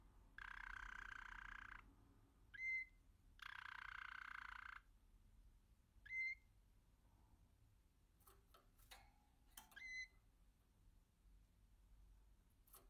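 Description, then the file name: American canary song in fragments: two dense buzzy bursts, each followed by a short rising chip note, then scattered clicks and one more brief chip. "canto do canario americano"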